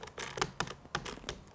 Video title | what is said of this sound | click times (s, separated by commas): Der Litheli U20 Akkuschrauber ist NICHT so gut wie alle sagen! Ist der Hype gerechtfertigt??? | Also er ist zu und es hat auch geklickt. | 0.4 s, 0.6 s, 0.7 s, 0.9 s, 1.1 s, 1.3 s